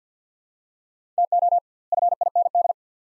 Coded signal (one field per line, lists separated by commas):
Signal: Morse code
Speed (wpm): 50 wpm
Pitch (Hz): 700 Hz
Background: none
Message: TO FIND